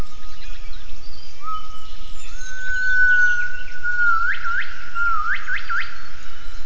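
Gibbon calls: a long, steady whistled tone, then several quick rising whoops close together near the end, over constant background noise.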